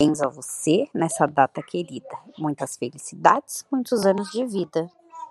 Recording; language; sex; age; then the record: short text; Brazilian Portuguese; female; 30 to 39 years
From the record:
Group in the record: control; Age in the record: 39 years